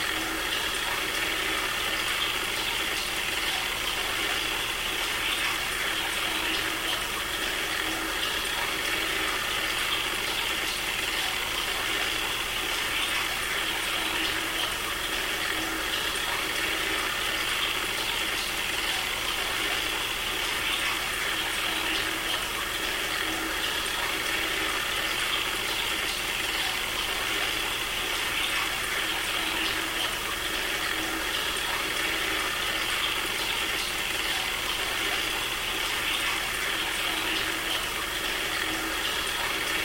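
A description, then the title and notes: A kettle heats with a constant rushing, bubbling hiss that stays at one level for the whole stretch. Underneath runs a low, unchanging hum, and faint rapid ticks and pops flicker through the hiss without ever building or fading. Kettle and hum. Recording by Mark Bodah, Amherst MA.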